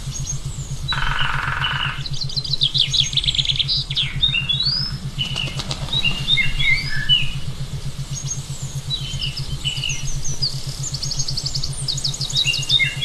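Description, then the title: A forest bird chorus of scratchy trills, rapid chirps and swooping whistles, layered over a steady low-pitched pulsing hum. "Forest bird sound 7.83HZ Schumann resonant wave"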